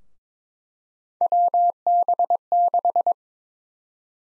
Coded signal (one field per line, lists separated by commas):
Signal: Morse code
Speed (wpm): 21 wpm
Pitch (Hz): 700 Hz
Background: none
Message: WB6